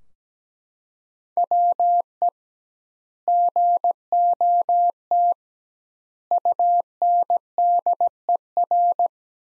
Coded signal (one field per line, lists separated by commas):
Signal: Morse code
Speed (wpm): 17 wpm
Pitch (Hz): 700 Hz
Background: none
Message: WE GOT UNDER